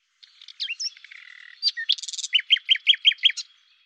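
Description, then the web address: Common nightingale song: varied whistles and a buzzy section, then a quick series of about six loud, falling notes repeated evenly, ending abruptly. "cianscape birddata Deverinetal 2025"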